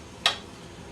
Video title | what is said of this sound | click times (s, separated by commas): Sanyo Pachinko Machine Set Up (0236) | now those levers are locked into place | 0.3 s